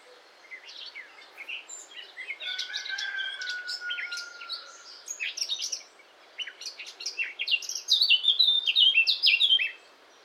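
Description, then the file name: Eurasian blackcap singing a rapid varied warble, then a brighter fluting burst near the end. "Sylvia atricapilla"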